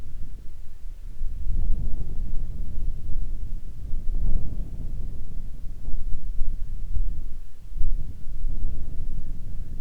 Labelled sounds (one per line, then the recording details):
wind
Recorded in the Arctic National Wildlife Refuge, Alaska, on 1 June 2019 at 20:42
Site 37